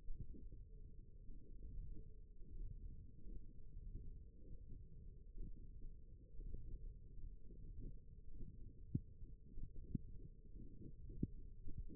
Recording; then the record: forearm muscle sounds (acoustic myography)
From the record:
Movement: index flexion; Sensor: system 1, eight BSWA MPA416 microphones around the upper forearm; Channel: 2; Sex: female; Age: 21 years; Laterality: right